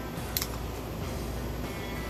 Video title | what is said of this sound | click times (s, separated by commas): Alternative Way to Carry a 1911 | can hear it clicking I hope and | 0.4 s